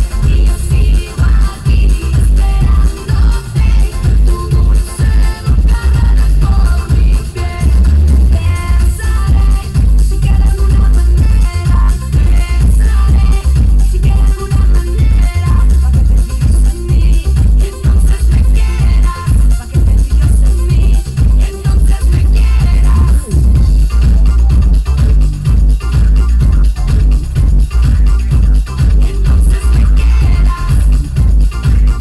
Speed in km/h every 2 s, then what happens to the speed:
0, 0, 0, 0, 0, 0, 0, 0, 0, 0, 0, 0, 0, 0, 0, 0.
0-32 standing.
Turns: none.